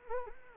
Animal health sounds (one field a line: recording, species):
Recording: mosquito wingbeat signal from an infrared sensor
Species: Anopheles gambiae